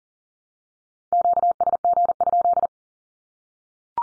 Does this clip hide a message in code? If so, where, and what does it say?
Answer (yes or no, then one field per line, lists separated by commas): yes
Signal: Morse code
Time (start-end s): 1.1-2.7 s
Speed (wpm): 40 wpm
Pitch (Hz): 700 Hz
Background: none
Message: QSG?